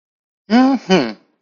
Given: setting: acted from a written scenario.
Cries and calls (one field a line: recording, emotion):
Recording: vocal sound without words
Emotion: pride